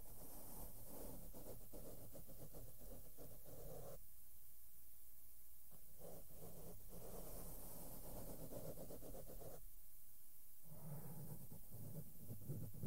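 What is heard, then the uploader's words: Makeup brushes sweep across a microphone up close, making a dense, soft rustling hiss full of quick, repeated strokes. The brushing pauses twice, around four seconds and again near ten, leaving a low steady hum underneath before the scratchy strokes resume. ASMR SOFT SOUNDS WITH MAKEUP BRUSHES ON MIC AND MICROPHONE TOUCHING. NO TALKING.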